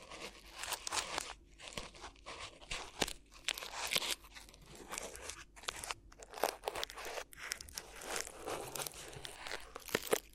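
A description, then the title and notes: Crinkly material is rubbed and crumpled, giving dense, bright crackling bursts separated by brief silences. The rustling comes in irregular waves throughout, with a few sharper crunchy snaps near four, six and ten seconds. ASMR Addictive Crinkly Ear Massage (No Talking).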